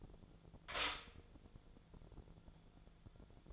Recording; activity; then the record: daily activity, microphone in the room; stop toaster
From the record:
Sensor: 5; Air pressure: 1000.3 hPa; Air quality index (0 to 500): 128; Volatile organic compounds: 2 ppm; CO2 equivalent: 1014 ppm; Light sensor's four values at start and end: 82/192/82/88 and 82/192/82/88